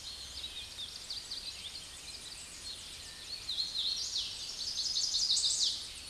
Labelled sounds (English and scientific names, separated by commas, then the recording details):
Hooded Warbler (Setophaga citrina) song
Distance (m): 30 m
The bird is about 20 m above the microphone
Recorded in a Pennsylvania forest on 16 May 2024 at 08:30
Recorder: AudioMoth, point MSD-2417
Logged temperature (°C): 16.4 °C
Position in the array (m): 126 m, 80 m